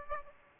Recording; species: mosquito wingbeat signal from an infrared sensor; Aedes aegypti